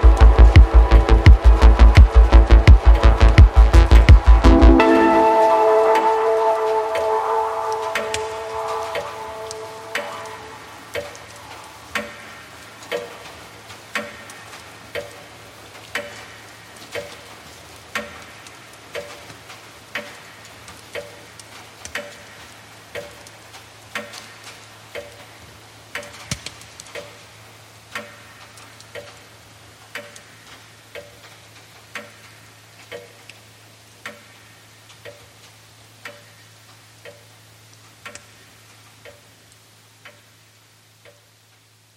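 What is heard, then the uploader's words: Walls grind shut in a loud, dense rumble with ringing tones for the first five seconds, then stop abruptly. A clock then ticks steadily about once a second over a low, constant hum, the ticks slowly growing quieter to the end. Closing walls and ticking clock by ashawa.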